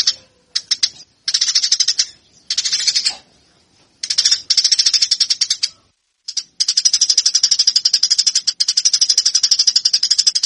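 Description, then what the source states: Eurasian tree sparrow in short harsh chirp bursts at first, then a steady fast chatter of about four notes per second to the end. Fighting call of a cage bird, presented as master training audio for caged birds.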